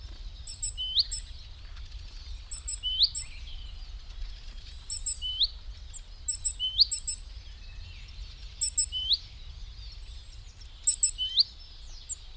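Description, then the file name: Great tit calls repeated several times: brief high ticks followed by a rising slurred note, over a persistent high buzzing background. "Parus major"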